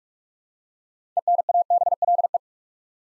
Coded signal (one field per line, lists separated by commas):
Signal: Morse code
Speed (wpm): 44 wpm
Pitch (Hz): 700 Hz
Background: none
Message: ENABLE